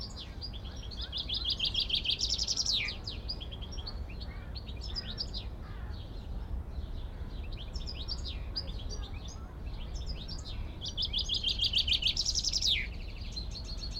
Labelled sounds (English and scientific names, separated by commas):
Common Chaffinch (Fringilla coelebs)